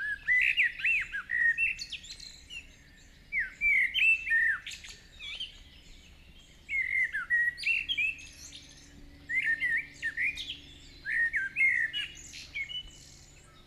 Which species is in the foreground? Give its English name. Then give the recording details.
Common Blackbird. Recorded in the wild. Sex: male. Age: adult. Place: Schielleitn, Stubenbergsee, Steiermark, AT. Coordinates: 47.2302, 14.2536. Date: 1971-06-16. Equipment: Uher 4100 Report-V. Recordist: Brunner, Thomas